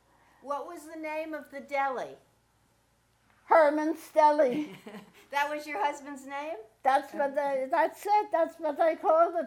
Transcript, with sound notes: what was the name of the deli?
Herman's deli. (laughs)
That was your husband's name?
That's what I-- that's right, that's what I called it: